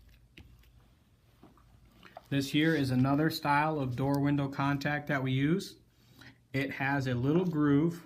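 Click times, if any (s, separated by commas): 0.4 s, 2.2 s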